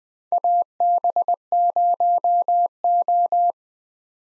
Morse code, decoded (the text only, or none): AB0O